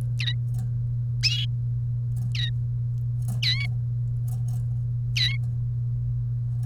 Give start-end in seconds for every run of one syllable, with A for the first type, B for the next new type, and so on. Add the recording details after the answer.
0.20-0.34 A, 2.35-2.49 A, 3.43-3.66 A, 5.16-5.36 A. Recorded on 30 April 2018 at 16:52. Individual llb3